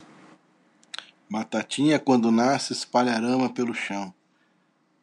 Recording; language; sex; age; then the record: short text; Brazilian Portuguese; male; 30 to 39 years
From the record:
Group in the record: control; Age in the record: 37 years